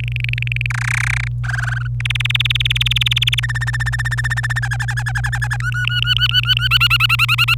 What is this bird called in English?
Domestic Canary